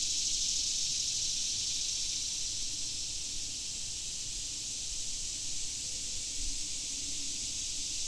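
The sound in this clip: Swamp cicadas in chorus, a dense high buzz that is slightly stronger at the start, then stays level and continuous.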